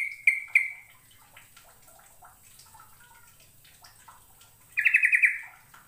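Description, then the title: Bird giving two brief trilled notes at the start, a long pause with faint chirps, then a bright rapid buzzing trill near the end. "Kicau Burung"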